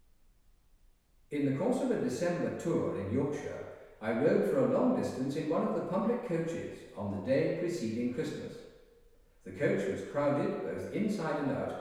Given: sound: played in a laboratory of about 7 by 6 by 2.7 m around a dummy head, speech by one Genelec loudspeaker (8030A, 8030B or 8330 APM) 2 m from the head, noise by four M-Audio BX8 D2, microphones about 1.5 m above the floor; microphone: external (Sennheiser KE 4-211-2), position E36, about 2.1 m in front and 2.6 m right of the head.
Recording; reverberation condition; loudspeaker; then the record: male speech in English; high; 90 degrees to the left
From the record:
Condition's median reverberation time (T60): about 1300 ms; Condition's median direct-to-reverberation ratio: about -4.0 dB